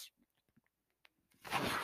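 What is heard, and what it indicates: Faint clicks, then a sudden rushing hiss of air: a person's own home mechanical ventilator delivering a breath.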